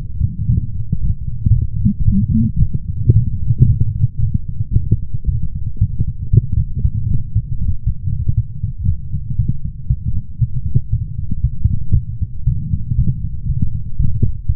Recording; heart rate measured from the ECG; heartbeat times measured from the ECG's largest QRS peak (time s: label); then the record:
heart sounds by stethoscope; 116 bpm
0.47 s: heartbeat
1.00 s: heartbeat
1.48 s: heartbeat
2.05 s: heartbeat
2.60 s: heartbeat
3.14 s: heartbeat
3.67 s: heartbeat
4.20 s: heartbeat
4.73 s: heartbeat
5.26 s: heartbeat
5.79 s: heartbeat
6.31 s: heartbeat
6.82 s: heartbeat
7.33 s: heartbeat
7.84 s: heartbeat
8.35 s: heartbeat
8.86 s: heartbeat
9.37 s: heartbeat
9.88 s: heartbeat
10.39 s: heartbeat
10.90 s: heartbeat
11.42 s: heartbeat
11.93 s: heartbeat
12.45 s: heartbeat
12.96 s: heartbeat
13.47 s: heartbeat
13.97 s: heartbeat
14.47 s: heartbeat
From the record:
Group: healthy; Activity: light exercise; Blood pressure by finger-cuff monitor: 127/75 mmHg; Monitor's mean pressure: 88 mmHg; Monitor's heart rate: 114 bpm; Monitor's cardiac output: 8.5 L/min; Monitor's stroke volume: 75 mL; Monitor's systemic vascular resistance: 750 dyn s/cm5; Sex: female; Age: 24 years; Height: 163 cm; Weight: 55.7 kg